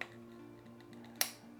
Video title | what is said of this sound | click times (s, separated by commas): LTT Ratchet Screwdriver - Initial Disappointment ! (Linus Tech Tips Product) | there's a bit of Click | 1.2 s